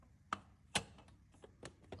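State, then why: Seated. The battery connection on a belt-drive lantern roof blind, with the cable already connected to the battery, is pushed on until it clicks into place with a sharp click at 0.3 s. Several softer clicks and handling taps follow through to about 1.9 s, and the connection ends up seated.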